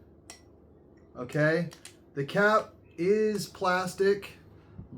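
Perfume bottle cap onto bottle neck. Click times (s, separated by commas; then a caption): 0.3 s. A plastic cap is snapped onto the neck of a Lattafa Brioche Vanille perfume bottle, making a single short click at 0.3 s as it seats into place. Someone then talks over a quiet background.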